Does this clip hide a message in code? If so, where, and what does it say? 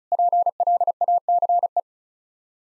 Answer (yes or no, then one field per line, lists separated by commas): yes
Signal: Morse code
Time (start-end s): 0.1-1.8 s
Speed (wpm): 34 wpm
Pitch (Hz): 700 Hz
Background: none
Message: PLACE